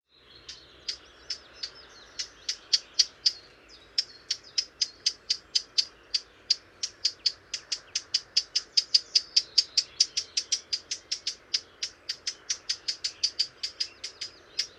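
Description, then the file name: Eurasian blackcap repeating sharp clicking tacks steadily, several each second, over a quiet backdrop. "Sylvia atricapilla"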